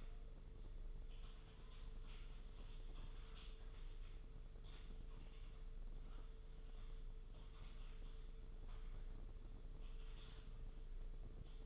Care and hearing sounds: daily activity, microphone in the room; typing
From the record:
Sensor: 4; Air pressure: 995.3 hPa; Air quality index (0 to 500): 198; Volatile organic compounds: 141 ppm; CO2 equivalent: 3981 ppm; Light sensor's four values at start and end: 10/24/9/10 and 10/24/9/10

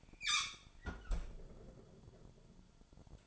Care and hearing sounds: daily activity, microphone in the room; close fridge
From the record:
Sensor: 5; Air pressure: 1007.9 hPa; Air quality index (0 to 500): 90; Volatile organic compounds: 1 ppm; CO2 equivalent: 706 ppm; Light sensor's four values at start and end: 42/96/41/43 and 41/95/40/42

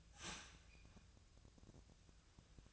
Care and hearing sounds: daily activity, microphone in the room; start toaster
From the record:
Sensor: 2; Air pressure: 1009.2 hPa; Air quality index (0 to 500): 187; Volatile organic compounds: 12 ppm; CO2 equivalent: 2327 ppm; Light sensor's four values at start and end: 23/58/24/27 and 23/58/24/27

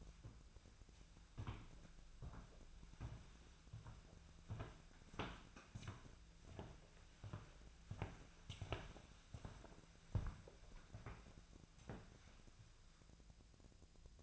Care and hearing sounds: daily activity, microphone in the room; walk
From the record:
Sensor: 2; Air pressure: 1008.1 hPa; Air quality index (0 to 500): 180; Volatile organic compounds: 10 ppm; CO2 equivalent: 2216 ppm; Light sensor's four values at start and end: 12/30/13/13 and 12/30/13/13

